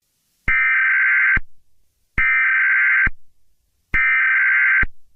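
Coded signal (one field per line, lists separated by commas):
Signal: Emergency Alert System (SAME) tones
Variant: header bursts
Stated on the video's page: Fictional EAS scenario based on a Jurassic Park novel.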